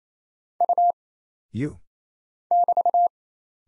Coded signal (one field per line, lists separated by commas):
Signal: Morse code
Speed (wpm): 27 wpm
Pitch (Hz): 700 Hz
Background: none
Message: U <BT>